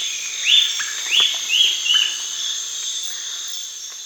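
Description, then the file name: Bird calls: four upswept, arching whistled notes in quick succession early on, then only a steady high insect drone continues. "SABIOD 50 bird 2015"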